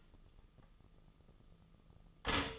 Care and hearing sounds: daily activity, microphone in the room; stop toaster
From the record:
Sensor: 4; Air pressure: 1010.0 hPa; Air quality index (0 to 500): 182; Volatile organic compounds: 6 ppm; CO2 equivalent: 1839 ppm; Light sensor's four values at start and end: 23/68/27/27 and 23/68/27/27

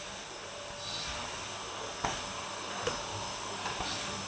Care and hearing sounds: daily activity, microphone in the room; vacuum cleaning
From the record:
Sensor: 2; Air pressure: 1011.7 hPa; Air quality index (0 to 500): 220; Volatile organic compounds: 4 ppm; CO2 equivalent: 1549 ppm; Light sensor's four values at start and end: 8/20/8/8 and 8/19/8/8

